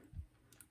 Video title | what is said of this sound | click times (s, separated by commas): Review: MetalBuild EVA-01 Test Type | It's a little hard to get it in there, but it does pop in pretty clearly. | 0.5 s, 0.6 s